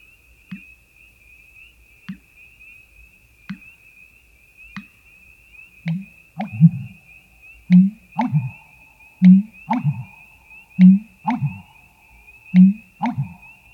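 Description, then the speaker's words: American bittern giving a deep, resonant gulping call, low pulses repeated about every one and a half seconds, then coming in louder pairs, with a steady high ringing tone throughout. Resonating mating call said to carry for miles and to sound like a dripping faucet. "We'll start with the American bittern, which has a resonating mating call that can travel for miles and sounds a lot like a dripping faucet."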